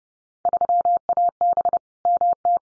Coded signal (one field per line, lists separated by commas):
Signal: Morse code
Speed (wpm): 30 wpm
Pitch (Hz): 700 Hz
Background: none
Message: 3AB MT